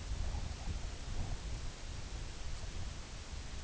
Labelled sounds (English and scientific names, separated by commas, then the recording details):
none
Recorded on Arctic tundra, site UTQI-2, on 15 June 2019
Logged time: 02:00